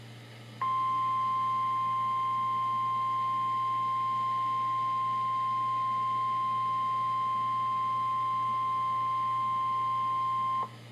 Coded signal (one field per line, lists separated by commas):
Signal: Emergency Alert System (SAME) tones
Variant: 1050 Hz attention tone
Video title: EAS #146 (angle #1): Required Weekly Test